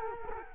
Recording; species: mosquito wingbeat signal from an infrared sensor; Culex quinquefasciatus